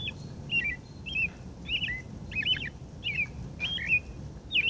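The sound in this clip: Robin song with quick, carolling whistled phrases, some rising and some dropping, repeated at an uneven pace of about one to two per second.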